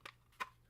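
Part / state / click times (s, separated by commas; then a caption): pistol into 3D-printed pocket holster / seated / 0.1 s. A pistol with no magazine in it is pressed into a 3D-printed plastic pocket holster, giving a short sharp click at 0.1 s, followed by a second, louder burst around 0.4 s. The pistol locks into place and is seated in the holster.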